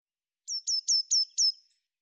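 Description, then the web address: Eurasian blue tit giving a quick run of five high, thin notes, each sliding downward, delivered evenly in about a second. "Deverinetal"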